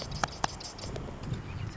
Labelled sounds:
Marsh Wren (Cistothorus palustris)
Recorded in Sonoma County, California

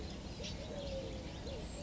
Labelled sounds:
Eurasian Collared Dove (Streptopelia decaocto)
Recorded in Sonoma County, California

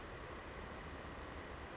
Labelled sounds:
Brown Creeper (Certhia americana)
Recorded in Sonoma County, California

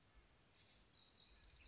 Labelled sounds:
House Wren (Troglodytes aedon)
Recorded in Sonoma County, California

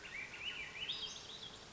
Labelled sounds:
Swainson's Thrush (Catharus ustulatus)
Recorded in Sonoma County, California

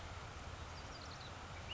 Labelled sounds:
Ash-throated Flycatcher (Myiarchus cinerascens)
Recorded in Sonoma County, California

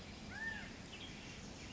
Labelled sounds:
Western Tanager (Piranga ludoviciana)
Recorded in Sonoma County, California

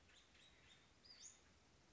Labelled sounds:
Western Flycatcher (Empidonax difficilis)
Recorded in Sonoma County, California

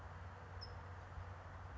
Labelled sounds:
California Towhee (Melozone crissalis)
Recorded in Sonoma County, California

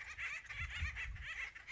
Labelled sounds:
Acorn Woodpecker (Melanerpes formicivorus)
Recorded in Sonoma County, California

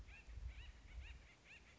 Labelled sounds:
Acorn Woodpecker (Melanerpes formicivorus)
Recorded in Sonoma County, California

